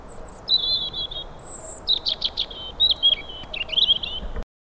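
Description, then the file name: European robin singing thin, high whistled notes followed by quick trills and warbled phrases, with short pauses between them. "Erithacus rubecula"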